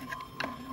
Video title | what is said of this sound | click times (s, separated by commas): CARA MEMPERBAIKI MIXER STANDING MERK TURBO EHM9595 -- #Vanbelt297 #MixerTurboVersi2 | Oke kita pasang penguncinya oke sudah terkunci | 0.4 s